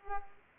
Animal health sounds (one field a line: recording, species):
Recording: mosquito wingbeat signal from an infrared sensor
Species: Culex pipiens